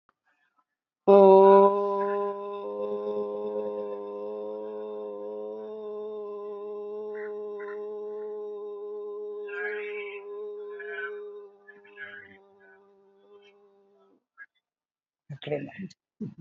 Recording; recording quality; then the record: sustained vowel as in boot; excellent, no background noise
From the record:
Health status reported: healthy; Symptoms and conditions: none ticked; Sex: female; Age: 59 years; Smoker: not ticked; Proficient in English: no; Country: India